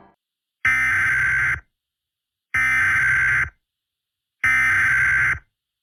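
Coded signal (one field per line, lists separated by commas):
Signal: Emergency Alert System (SAME) tones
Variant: header bursts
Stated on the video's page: Fictional EAS scenario with valid EAS tones, made with text-to-speech and editing software.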